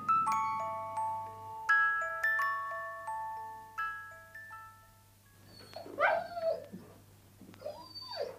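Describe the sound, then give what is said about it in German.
A dog whimpers in high, wavering, drawn-out whines during the last few seconds, wanting to be let out into the courtyard, after a stretch of ringing, decaying piano-like notes with no one speaking. “Was winselt denn der Hund so?”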